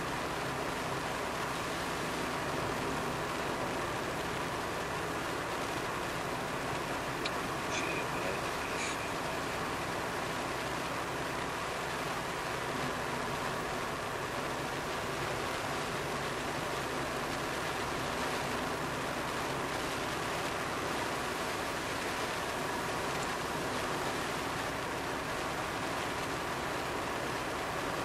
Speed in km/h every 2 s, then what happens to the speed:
59, 61, 63, 63, 64, 64, 66, 67, 67, 68, 68, 68, 68, 67.
0-13 speeds up to 67. 13-28 steady at about 68.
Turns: none.